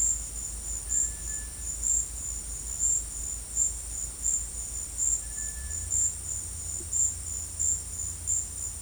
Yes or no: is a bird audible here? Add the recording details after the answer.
yes. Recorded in secondary vegetation near Puerto Asís, Putumayo, Colombia, on 22 December 2024 at 13:00. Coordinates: 0.481, -76.318. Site G042